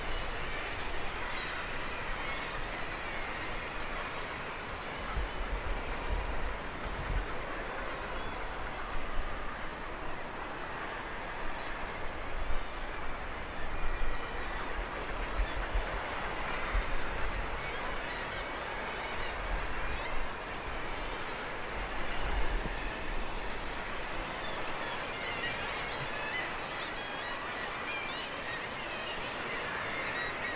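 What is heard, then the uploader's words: A huge seabird colony of guillemots, razorbills and fulmars on the cliffs of Handa keeps up a constant, dense chatter of overlapping calls. The din holds steady for the whole half minute, with a low rumbling of wind or surf underneath and brief louder swells throughout. The evocative chatter of a huge seabird colony. The wild cliffs of Handa, off the coast of Sutherland, and the swirling whirling city of seabirds. The noise is constant as birds constantly commute between cliffs and the wider ocean to feed. Recorded by Fergus Collins.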